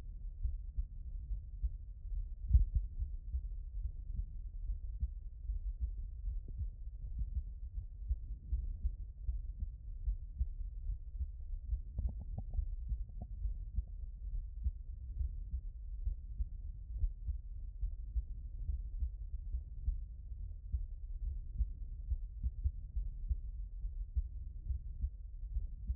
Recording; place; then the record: heart sounds by stethoscope; mitral valve (MV)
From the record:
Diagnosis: non-HFrEF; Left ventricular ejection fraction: 64%